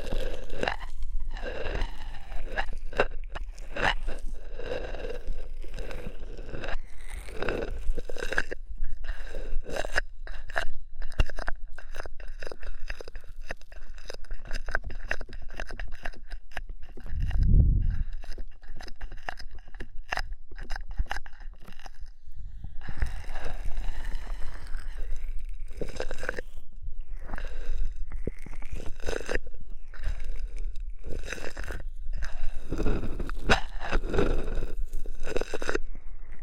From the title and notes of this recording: ASMR Oil, Foam and Tingly Ear Massage for Stress Relief (No Talking).